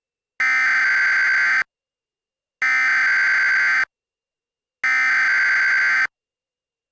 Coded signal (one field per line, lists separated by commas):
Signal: Emergency Alert System (SAME) tones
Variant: header bursts